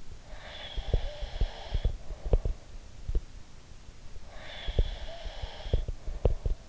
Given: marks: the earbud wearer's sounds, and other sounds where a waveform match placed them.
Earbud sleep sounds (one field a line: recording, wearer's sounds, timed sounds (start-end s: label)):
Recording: sounds in sleep by an in-ear microphone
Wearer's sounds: breath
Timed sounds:
0.22-2.79 s: breath
0.76-3.27 s: sound from someone else or the room
4.18-6.69 s: breath
4.63-6.69 s: sound from someone else or the room